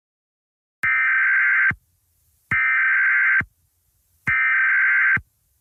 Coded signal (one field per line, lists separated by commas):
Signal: Emergency Alert System (SAME) tones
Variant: header bursts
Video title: EAS Scenario 7|| Tornado Emergency 1 : The Tulsa Incident